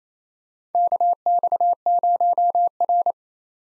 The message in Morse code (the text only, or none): KX0R